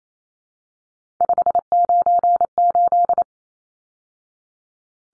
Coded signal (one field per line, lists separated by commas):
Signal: Morse code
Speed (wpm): 28 wpm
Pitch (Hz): 700 Hz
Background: none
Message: 598